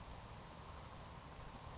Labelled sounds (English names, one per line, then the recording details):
Savannah Sparrow
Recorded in Sonoma County, California